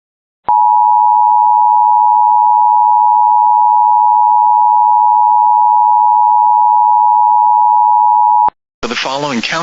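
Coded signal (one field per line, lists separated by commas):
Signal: Emergency Alert System (SAME) tones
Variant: 853 and 960 Hz attention tone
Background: speech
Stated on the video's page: Real flash flood warning for Riverside, California, relayed via KPSR from the National Weather Service; valid EAS tones.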